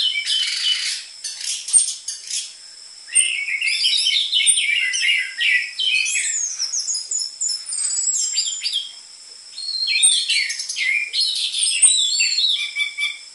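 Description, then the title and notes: Orange-headed thrush song, long and densely packed with quick varied twitters, trills and whistles, broken by two short breaks; steady high background tone. Lure (pikat) recording of an energetic (gacor) orange-headed thrush with densely packed song material, for tutoring caged orange-headed thrushes of the trotol type. "PANCINGAN Anis Merah Gacor Materi Isian Rapat Cocok Untuk MASTERAN Anis Merah TROTOL. pikat"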